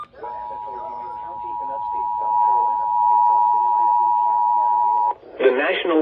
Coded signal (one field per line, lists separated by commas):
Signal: Emergency Alert System (SAME) tones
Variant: 853 and 960 Hz attention tone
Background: speech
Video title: (EAS) Tropical Like, I think? - EAS Alerts from 6/19/23-6/21/23